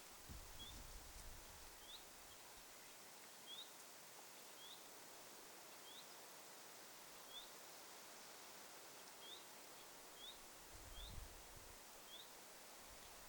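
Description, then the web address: Common chiffchaff repeating brief rising notes every second or two, with constant rushing background noise and a couple of low rumbles. Chiffchaff giving 'hyit' call notes, recorded 7 August 2026. "paivat 7 8 2026 hyit-tiltaltti"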